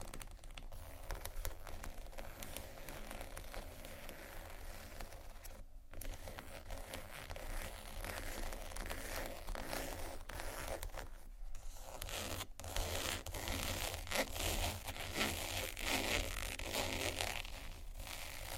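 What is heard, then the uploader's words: Textured bags are tapped and scratched in a dense, continuous run of rough scraping and crinkly rustle, with sharp taps scattered throughout. Brief pauses break the texture near six and eleven seconds, and a low steady hum sits underneath. ASMR TEXTURED BAGS TAP & SCRATCH (No Talking).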